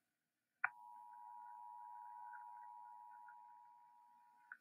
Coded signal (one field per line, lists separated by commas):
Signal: Emergency Alert System (SAME) tones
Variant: 853 and 960 Hz attention tone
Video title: Reacting to scary EAS alarm scenarios!